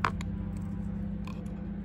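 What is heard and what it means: A crimped metal Molex pin is pushed into the plastic connector housing of a Bendix/King KX155 avionics radio rack connector until its retaining tab catches, giving a sharp click at 0.1 s. Fainter ticks follow at about 0.2 s and 1.3 s over a steady low hum. The pin is seated in the housing.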